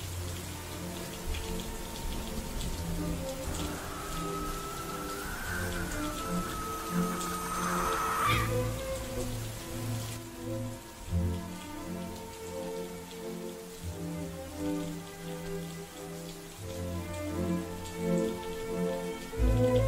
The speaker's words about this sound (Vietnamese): Trong phút chốc, cả làng Hạ Bình bị chìm trong màn mưa trắng xóa. Mưa lớn là như vậy